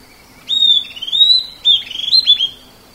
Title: LuckyPassaro Completos2Sama. Southern Antpipit (Corythopis delalandi)